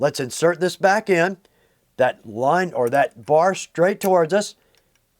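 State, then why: Not seated. Someone talks while handling a threaded metal bobbin case, bringing it back toward the shuttle/hook race of a Weaver 303 leather sewing machine and pointing it straight toward the operator. Two faint ticks follow near 4.8 and 5.0 seconds after the talking stops. The bobbin case has not seated or clicked in yet.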